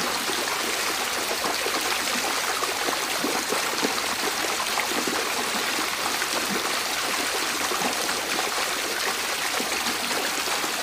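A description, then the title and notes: Running water flows steadily for the whole stretch, a dense, unbroken rush with a bright, hissy top. Small splashes and gurgles flicker through the middle register without pause, like a stream, and the level barely changes from start to finish. Running Water Sounds.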